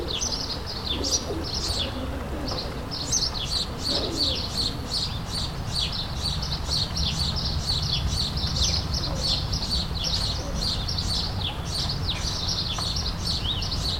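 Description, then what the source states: Sparrows chatter nonstop, many quick high chirps overlapping in a thick chorus, with a constant low rumble underneath. Several sparrows in a suburban setting, ambient; May 2022.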